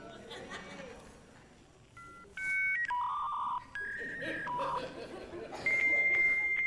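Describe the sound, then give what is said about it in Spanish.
Dial-up internet modem connecting over a telephone line: a series of steady electronic beeps stepping between pitches, then hissing handshake bursts and a long high whine, with laughter and chatter running underneath. “Pero imagínense, cuando nosotros queríamos entrar a internet, lo hacíamos con el famoso tono del teléfono.”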